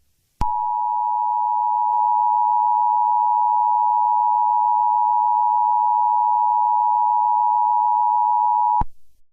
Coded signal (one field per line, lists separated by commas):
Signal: Emergency Alert System (SAME) tones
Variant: 853 and 960 Hz attention tone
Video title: EAS SCENARIO 8| Nuclear Attack On The U.S